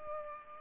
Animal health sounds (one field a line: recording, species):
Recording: mosquito wingbeat signal from an infrared sensor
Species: Culex pipiens